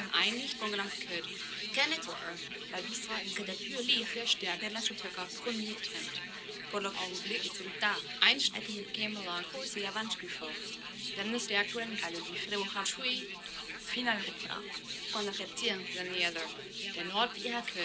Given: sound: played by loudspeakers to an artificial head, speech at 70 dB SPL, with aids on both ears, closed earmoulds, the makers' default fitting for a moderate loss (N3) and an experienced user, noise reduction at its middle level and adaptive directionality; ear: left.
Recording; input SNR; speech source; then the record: speech test signal (ISTS) in cocktail-party noise; -3 dB; in front (0 degrees)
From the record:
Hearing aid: class 1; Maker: E